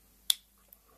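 One section of a Fitbit Charge 2 band is popped into the slot on the tracker body, giving a single sharp, bright snap at 0.3 s. A much fainter tick follows at about 0.7 s over a quiet background. The band section is seated in the tracker body.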